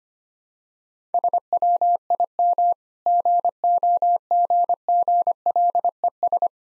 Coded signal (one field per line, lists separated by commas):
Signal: Morse code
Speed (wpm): 25 wpm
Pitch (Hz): 700 Hz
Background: none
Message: SWIM GOGGLES